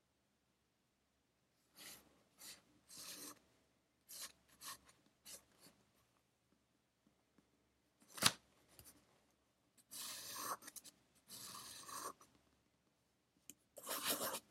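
Pencil scratching on paper while studying comes in short bursts of writing strokes, with quiet pauses between them. A sharp tap lands around the eighth second, followed by longer, denser scribbling runs near the tenth and fourteenth seconds.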